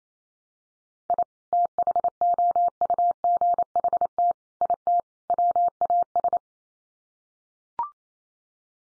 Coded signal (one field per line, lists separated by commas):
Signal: Morse code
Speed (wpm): 28 wpm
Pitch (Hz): 700 Hz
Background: none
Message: I THOUGHT IT WAS